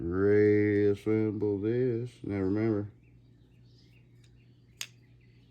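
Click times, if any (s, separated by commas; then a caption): 4.8 s. While reassembling a Craftsman self-propelled mower with a Briggs engine, a plastic part is pushed back into its mount on the mower housing. Someone talks for the first three seconds, then after a low steady hum a single sharp, loud click at 4.8 s marks the part snapping into place.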